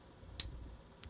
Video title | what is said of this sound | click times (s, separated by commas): Mi Pad 2 Soundwave SDCC Edition (Random Review) | that little click there is a little bit of friction there just as the last bit goes in | 0.4 s